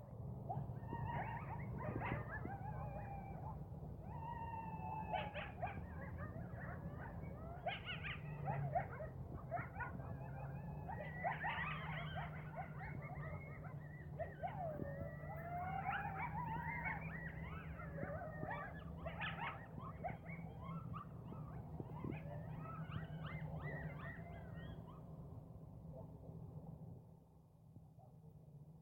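Coyotes yip, howl and whine together in a dense, wavering chorus over a low steady hum, fading abruptly near the end.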